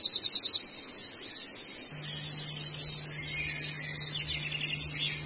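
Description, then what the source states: Long-tailed shrike song opens with fast high clicking notes, then softer scratchy twitters, later joined by a low steady hum. Used for training cage birds (masteran).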